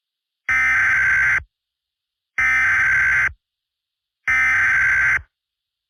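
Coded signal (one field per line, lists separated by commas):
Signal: Emergency Alert System (SAME) tones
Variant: header bursts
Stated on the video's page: Fictional EAS scenario alert about a Goikan occupation, using TTS voice and a siren sound.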